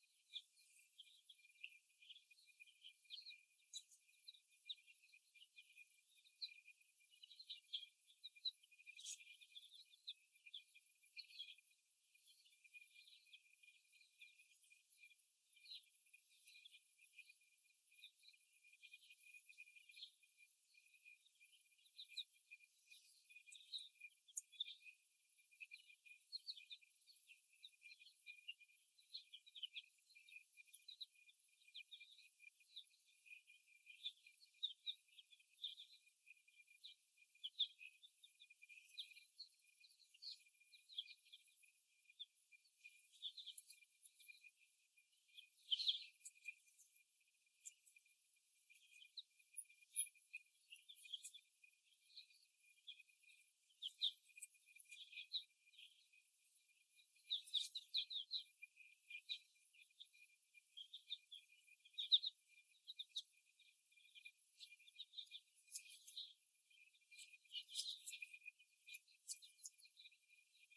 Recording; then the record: young laying hens in a cage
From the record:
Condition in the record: after the stressor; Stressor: simulated dog barking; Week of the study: 1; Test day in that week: 1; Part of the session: 3